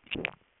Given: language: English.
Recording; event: throat vibration sensor signal played as sound; swallow